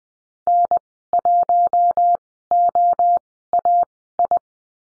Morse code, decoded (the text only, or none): N1OAI